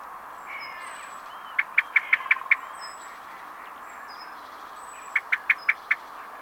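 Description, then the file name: Common blackbird giving hard, metallic chink notes in two rapid runs of about six and five, with faint thin high whistles between them. "Turdus merula"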